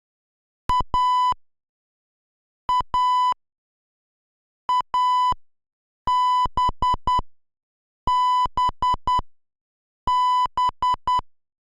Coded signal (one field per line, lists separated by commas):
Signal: Morse code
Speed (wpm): 10 wpm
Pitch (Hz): 1000 Hz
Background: music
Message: A A AB B B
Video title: [8-bit/2A03] Morse Code Tracing